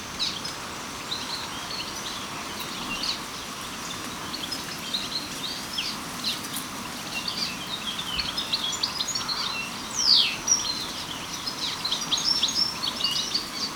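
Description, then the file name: European goldfinch calls, a scattered stream of thin, high twittering chirps throughout, with one brighter sliding note near the tenth second, over a steady background hiss. "Carduelis carduelis"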